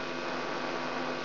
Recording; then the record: brain microelectrode recording played as sound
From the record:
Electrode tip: outside the subthalamic nucleus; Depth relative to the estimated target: 3 mm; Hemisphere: right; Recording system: AlphaMap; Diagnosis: Parkinson's disease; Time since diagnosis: 16 years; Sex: female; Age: 67 years